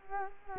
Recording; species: mosquito wingbeat signal from an infrared sensor; Culex quinquefasciatus